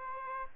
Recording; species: mosquito wingbeat signal from an infrared sensor; Aedes albopictus